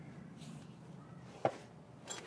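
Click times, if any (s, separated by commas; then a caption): 1.5 s. The splined shaft of a passenger-side CV axle is pushed into a B-series transmission differential until its circlip (lock ring) snaps into place. A sharp snap at 1.5 s stands out over a low steady hum, followed by fainter broadband sounds near 2.1 s. The lock ring is seated.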